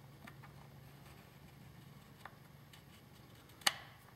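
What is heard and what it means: A small machine screw is turned backward in the threaded hole of a Remington 1100 shotgun receiver until its thread start drops into place. Over a low steady hum, a faint click comes at 2.3 s and a sharper, louder click at 3.7 s. The thread seats properly and is aligned to be screwed in.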